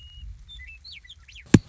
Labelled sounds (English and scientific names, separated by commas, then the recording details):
Western Meadowlark (Sturnella neglecta)
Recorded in Sonoma County, California